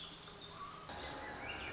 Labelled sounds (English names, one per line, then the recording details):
Swainson's Thrush
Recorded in Sonoma County, California